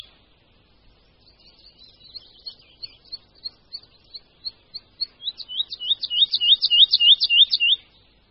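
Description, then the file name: Woodlark song starting with soft, scattered notes that build into a loud, rolling series of fluty, repeated descending whistles, fast and even, before stopping. "Skřivan-lesní"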